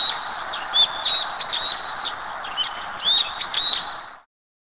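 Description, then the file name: Brown-eared bulbul calling in harsh, high, squealing notes, two clusters of rapid inflected calls separated by a short gap, ending abruptly in silence. Wild brown-eared bulbul in nature. "hiyodori"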